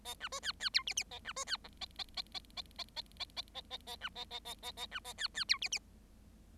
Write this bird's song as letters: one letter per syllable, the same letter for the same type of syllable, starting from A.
A B C D D E F F A B C D G A A A A A A A A A A A A B A A A A A B A D D E F F